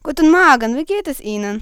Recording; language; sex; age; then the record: spoken sentence; German; female; 18 to 19 years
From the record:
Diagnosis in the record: healthy voice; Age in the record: 18 years